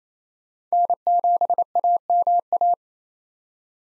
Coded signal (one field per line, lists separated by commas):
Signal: Morse code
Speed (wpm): 28 wpm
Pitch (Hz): 700 Hz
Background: none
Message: N7AMA